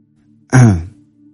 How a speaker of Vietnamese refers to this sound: Hoa Nguyệt Phòng hắng giọng một cái, vô cùng khoa trương như đang trình diễn.